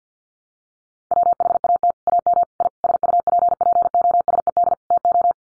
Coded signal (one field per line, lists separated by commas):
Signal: Morse code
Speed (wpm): 50 wpm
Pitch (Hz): 700 Hz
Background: none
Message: WHAT AM I SUPPOSED TO